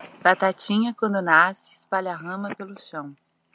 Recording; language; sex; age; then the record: short text; Brazilian Portuguese; female; 30 to 39 years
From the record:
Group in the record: control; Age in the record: 35 years